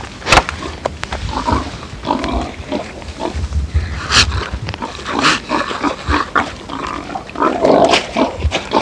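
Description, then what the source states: Pigs grunting and squealing in overlapping bursts, with short harsh squeals and low grunts throughout, plus frequent clicks and knocks in the background. Several pigs, described as loud.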